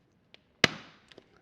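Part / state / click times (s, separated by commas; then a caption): rubber driveshaft boot onto motorcycle swing arm / seated / 0.6 s. A rear rubber driveshaft boot on a BMW R1200RT motorcycle, its teeth sprayed with WD40, is pushed onto the swing arm ledge. A faint tap comes first, then a sharp click at 0.6 seconds with a short ringing decay, followed by a few small taps. The boot drops right in and is seated and secured.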